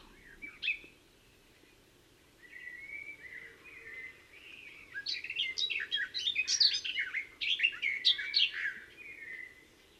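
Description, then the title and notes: Garden warbler song: a single note, a pause, then soft warbling that builds into a fast, varied, energetic run of notes. Discreet in plumage but a marvellous singer. "Observation sonore - La Fauvette des jardins. Rencontre avec la Fauvette des jardins (Sylvia borin)"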